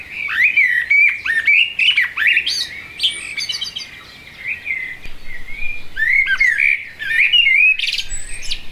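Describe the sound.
Blackbird song, a continuous run of fluty warbled phrases mixed with thin high twittering notes, with a brief quieter pause around four seconds.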